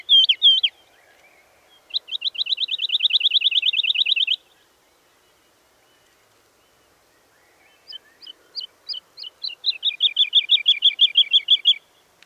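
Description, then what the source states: Woodlark song: a long, even trill of quick repeated liquid notes, a silent gap of several seconds, then a phrase that starts with spaced notes and speeds into a rolling trill. Recorded at Dittenheim on 30 March 2014.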